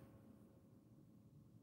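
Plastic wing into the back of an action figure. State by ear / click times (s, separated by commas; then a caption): not seated / none. A plastic wing is being handled and pushed toward the back of a 1/6 scale Ant-Man action figure to make him a flying ant. Only faint, steady low rumble and handling noise is heard with no distinct hits. Nothing has seated or clicked yet.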